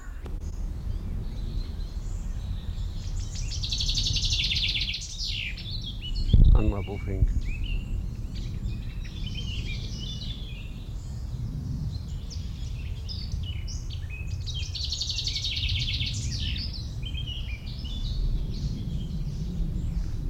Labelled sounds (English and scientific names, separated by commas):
Hooded Crow (Corvus cornix) call